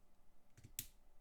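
A stiff plastic brick piece is angled under another part of a 2010 LEGO Racers Tiny Turbos set 30033-1 Racing Truck model. It resists, with faint soft taps around 0.6 s. It then snaps home with one loud, sharp click at 0.8 s and is seated.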